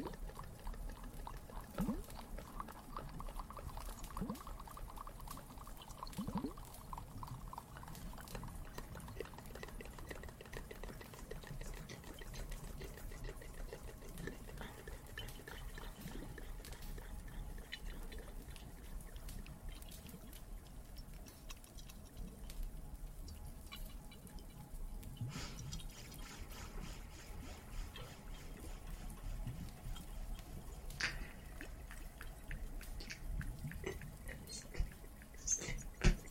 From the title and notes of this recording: Some more Cave ASMR, Water and Fireplace added.